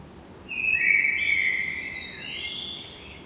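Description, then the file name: Common blackbird uttering a long, thin, high-pitched call that wavers slightly and fades out, with steady low hiss behind. "Turdus merula"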